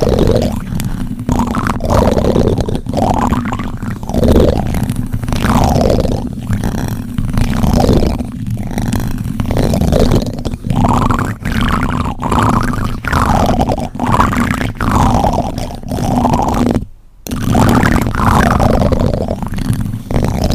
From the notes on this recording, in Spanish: sonido de pegamento, piojito, olas, popotes, gusano, cucharas